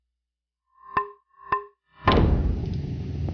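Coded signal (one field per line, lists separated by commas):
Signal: none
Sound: game sound effect beeps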